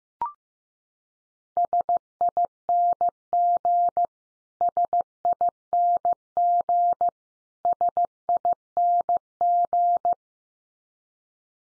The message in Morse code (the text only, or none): SING SING SING